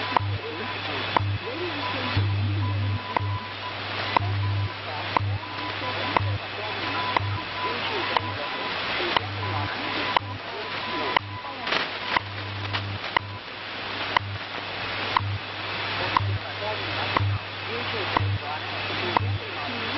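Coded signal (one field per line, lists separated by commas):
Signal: radio time signal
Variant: WWV, WWVH, BPM mixed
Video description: you can hear all of the stations in there at different points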